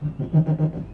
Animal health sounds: contact call of a hoofed animal; goat; low-frequency (closed-mouth) or high-frequency (open-mouth) call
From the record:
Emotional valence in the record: positive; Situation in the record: food anticipation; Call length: 0.94 s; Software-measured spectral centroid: 850 Hz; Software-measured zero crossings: 470 a second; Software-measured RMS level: -22 dBFS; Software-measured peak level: -8 dBFS

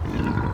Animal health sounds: contact call of a hoofed animal; wild boar; grunt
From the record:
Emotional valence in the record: negative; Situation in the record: naturally occurring agonistic interactions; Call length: 0.54 s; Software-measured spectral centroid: 1270 Hz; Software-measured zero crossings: 820 a second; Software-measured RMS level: -24 dBFS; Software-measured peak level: -10 dBFS

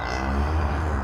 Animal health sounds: contact call of a hoofed animal; cattle; low-frequency (closed-mouth) or high-frequency (open-mouth) call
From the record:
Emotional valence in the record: negative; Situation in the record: full separation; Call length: 1.04 s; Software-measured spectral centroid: 1660 Hz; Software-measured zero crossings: 1020 a second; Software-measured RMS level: -24 dBFS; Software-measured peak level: -13 dBFS

